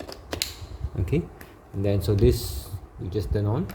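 Someone presses the release button on the narrow plastic crevice tool and pulls it off the nozzle of a PerySmith Bossman Kaden PRO K3 cordless vacuum cleaner. A sharp latch click sounds at 0.4 s as the tool comes free and releases, followed by someone talking and then music.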